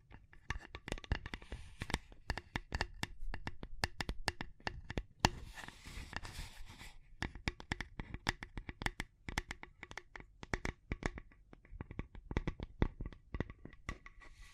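Tapping and scratching: a dense run of sharp, crisp taps falls irregularly, often several per second, across the whole stretch. Between them comes a soft, rough scratching, thickest around five to seven seconds. The taps are bright and dry, with occasional louder hits.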